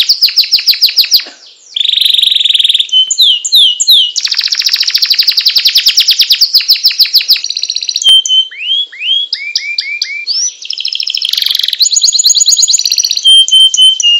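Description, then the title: Atlantic canary song mixing buzzy rattles, long fast trills, clear whistled slurs and sharp high chips, phrases changing every second or two. Canary of the loper type, a master recording for training kept songbirds, singing a long trilling song style called ngerol panjang. "Kenari Loper Ngerol panjang"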